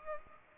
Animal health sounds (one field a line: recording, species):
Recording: mosquito wingbeat signal from an infrared sensor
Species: Culex pipiens